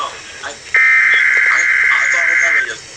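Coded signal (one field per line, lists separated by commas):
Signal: Emergency Alert System (SAME) tones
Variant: header bursts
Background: speech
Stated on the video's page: Winter storm warning received from NOAA weather radio station KIH-42.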